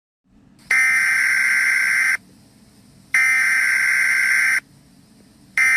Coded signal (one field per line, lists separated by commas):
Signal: Emergency Alert System (SAME) tones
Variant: header bursts